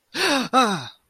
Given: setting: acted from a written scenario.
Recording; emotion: vocal sound without words; pain